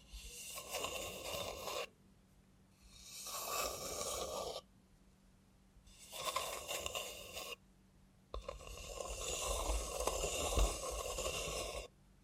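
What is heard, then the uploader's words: A robot hand moves in four bursts of hissy, whirring noise, each lasting one to three seconds with short pauses between, the last one longest. The bursts are bright and rough, swelling and fading like breaths. A low steady hum runs underneath throughout. Try ASMR with a Robot Hand (No Talking).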